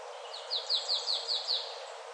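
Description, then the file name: Marsh tit calls, a quick run of about six thin descending notes over steady background noise. "Poecile palustris"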